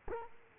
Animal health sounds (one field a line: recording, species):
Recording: mosquito wingbeat signal from an infrared sensor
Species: Culex quinquefasciatus